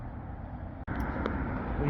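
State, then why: Seated. The vehicle's speaker wiring harness plug is pushed onto the terminal connector of a new Kicker replacement speaker from a Trail Seven bundle being installed in a 2025 Jeep Gladiator. Over a steady broadband background, with a brief drop to near silence at about 0.9 s, a single sharp click comes at 1.3 s as the plug seats.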